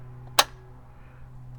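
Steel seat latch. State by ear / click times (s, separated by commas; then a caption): released / 0.4 s. The rear seat back latch mechanism, removed from an R52 convertible Mini Cooper, has its lock turned and its release lever pulled. The metal latch snaps open with one sharp click at 0.4 s over a low steady hum. The audible click means the release worked.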